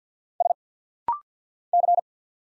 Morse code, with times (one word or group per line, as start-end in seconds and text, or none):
0.4-0.5 S
1.7-2.0 C